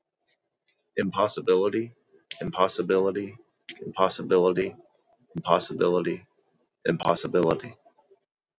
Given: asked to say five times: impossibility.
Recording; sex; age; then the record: repeated word; male; 30 to 39 years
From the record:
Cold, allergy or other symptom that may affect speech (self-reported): no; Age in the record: 33 years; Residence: Ohio, United States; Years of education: 18